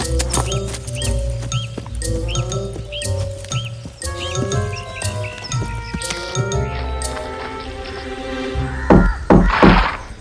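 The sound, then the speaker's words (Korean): Horse hooves clip-clop in a steady, even rhythm of hollow knocks as a washerman rides his horse between nearby villages delivering laundry, set against a light, tuneful music bed that swells a little toward the end. “매일 아침 빨랫꾼은 빨래가 다 된 옷들을 근처 여러 마을에 실어다 주고 새로운 빨랫감들을 갖고 돌아왔는데, 먼 길을 오가는 동안 빨랫꾼은 말을 타고 돌아다녔고 빨랫감들은 전부 당나귀의 등에만 실었으니까 말이야.”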